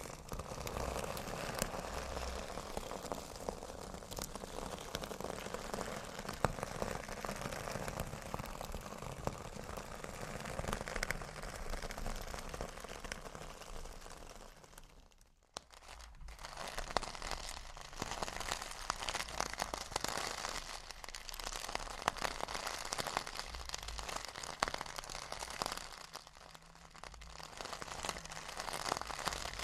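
Metal scrubbers crunch and crinkle in dense, steady rolling and squeezing, pausing briefly near fifteen seconds, then resuming slightly quieter and sparser.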